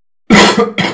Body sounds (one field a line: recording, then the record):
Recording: coughing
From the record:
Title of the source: Man Coughing Sound - Wet Cough Sound Effect